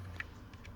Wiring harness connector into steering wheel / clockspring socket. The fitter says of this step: and you should be good you're gonna hear a little click